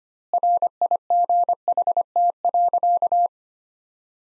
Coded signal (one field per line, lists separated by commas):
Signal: Morse code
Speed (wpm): 25 wpm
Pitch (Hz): 700 Hz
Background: none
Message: RIGHT.